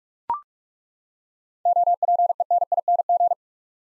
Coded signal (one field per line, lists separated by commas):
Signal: Morse code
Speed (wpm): 43 wpm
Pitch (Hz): 700 Hz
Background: none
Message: OPENING